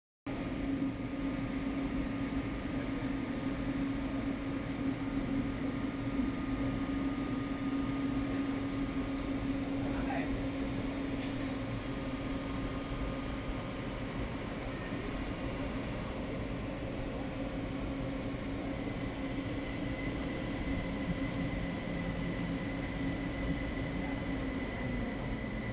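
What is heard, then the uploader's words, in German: A freight train loaded with sugar beets rolls past in a steady, unbroken roar of wheels on rails that holds the same loudness for the whole 26 seconds. A low droning tone runs under the first half, and a thin high squeal appears in the second half. Rüben-Ganzzug in Tulln.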